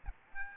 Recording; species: mosquito wingbeat signal from an infrared sensor; Aedes albopictus